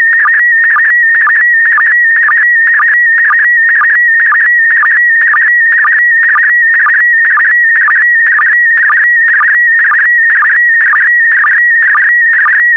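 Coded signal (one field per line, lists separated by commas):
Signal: SSTV (slow-scan television)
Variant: PD120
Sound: steady warbling high tone near 2 kHz with short low blips about twice a second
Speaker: complete. You can now check your decoded image against the picture that is shown on the video.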